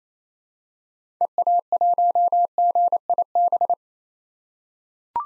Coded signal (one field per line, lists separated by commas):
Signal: Morse code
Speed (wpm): 27 wpm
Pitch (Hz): 700 Hz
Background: none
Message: EA1GIB